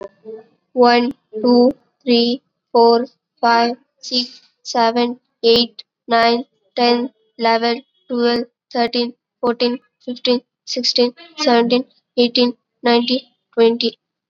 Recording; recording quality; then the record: counting at a normal pace; excellent, no background noise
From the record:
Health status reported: COVID-19 positive, mild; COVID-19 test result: positive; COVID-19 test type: rapid antigen test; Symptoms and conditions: cough, sore throat, fever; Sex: female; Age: 18 years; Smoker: no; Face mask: worn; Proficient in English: yes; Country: India